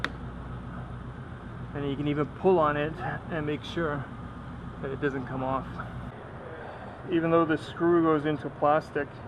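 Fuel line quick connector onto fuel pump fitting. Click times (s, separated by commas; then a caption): 0.0 s. A plastic quick-connect fuel line connector is pushed onto the fuel pump fitting during a fuel pump replacement on an Audi A4, and it clicks into place with a sharp click at 0.0 s. After that, someone talks over a steady low background hum.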